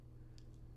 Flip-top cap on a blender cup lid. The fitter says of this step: The flip top snaps in place for overall protection.